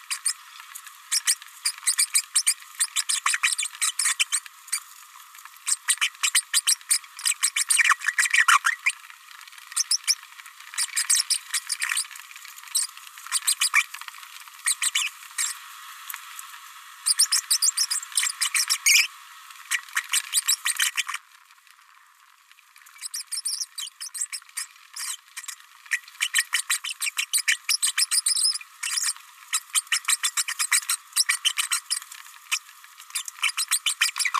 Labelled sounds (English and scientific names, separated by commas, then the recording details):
Green-rumped Parrotlet (Forpus passerinus) babbling
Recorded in a nest box in Venezuela
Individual 18B104A3